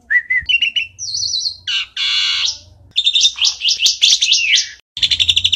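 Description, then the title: Starling song full of quick changes: short whistles, a wavering high trill, rasping buzzy notes, then a run of rapid chattering pulses. "Jalak"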